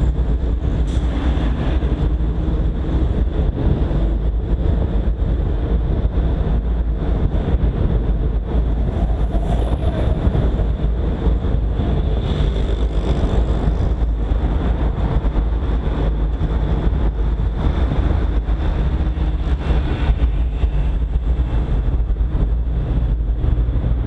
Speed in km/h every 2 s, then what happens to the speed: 41, 44, 45, 45, 45, 44, 44, 42, 41, 38, 35, 34.
0-9 steady at about 45. 9-24 slows to 34.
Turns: none.